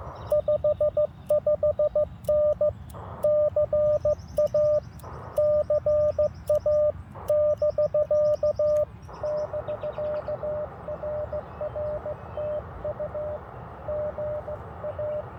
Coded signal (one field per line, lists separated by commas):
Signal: Morse code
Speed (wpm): 15 wpm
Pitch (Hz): 590 Hz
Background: radio noise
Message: 55N CA CA <BK> <BK>RRTU GA